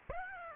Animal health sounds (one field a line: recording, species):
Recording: mosquito wingbeat signal from an infrared sensor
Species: Aedes aegypti